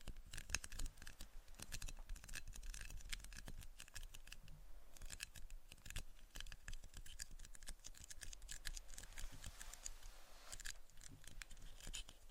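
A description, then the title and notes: Tapping and scratching sounds form a dense, busy texture of crisp clicks and scrapes that run without pause for the whole twelve seconds. The taps come quickly and irregularly, bright and sharp, over a soft low rumble, with brief thinner stretches near five and eleven seconds. ASMR Tapping and Scratching for Sleep (No Talking).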